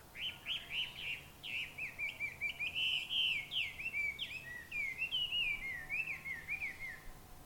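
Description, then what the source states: Bird song, a continuous run of rapid chirps and whistled notes wavering up and down, with varied short phrases flowing together for about seven seconds over faint low hum. Recorded 9 June 2020, around 14:10.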